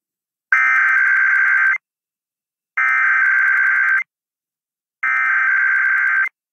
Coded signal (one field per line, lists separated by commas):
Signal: Emergency Alert System (SAME) tones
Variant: header bursts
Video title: Mountain and Pacific IPAWS Weeklies (EAS #19525-19533) 6/17/24